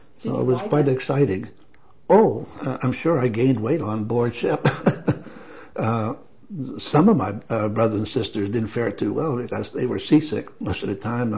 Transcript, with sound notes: --so it was quite exciting. Oh! I'm sure I gained weight onboard ship! (laughs) Some of my-- brothers and sisters, didn't fare too well, because they were seasick most of the time.